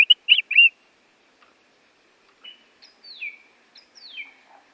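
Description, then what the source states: Oriental magpie-robin song: a few loud whistled notes in the first second, a pause, then fainter downslurred whistles toward the end. Kacer from Borneo; recording made as masteran, used for training songbirds.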